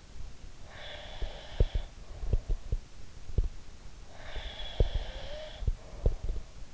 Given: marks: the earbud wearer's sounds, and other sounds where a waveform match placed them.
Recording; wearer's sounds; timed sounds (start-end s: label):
sounds in sleep by an in-ear microphone; breath
0.63-2.61 s: breath
1.16-3.49 s: sound from someone else or the room
4.10-6.51 s: breath
4.34-6.43 s: sound from someone else or the room